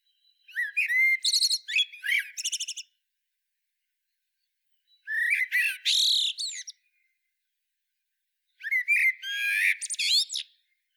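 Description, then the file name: Eurasian blackbird giving three separate phrases, each a short run of rich whistled notes followed by squeaky high twittering, spaced a few seconds apart in silence. "Turdus merula"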